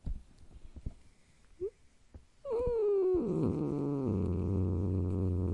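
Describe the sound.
Domestic cat gives a brief chirp, then a falling yowl that sinks into a steady, low, rumbling growl.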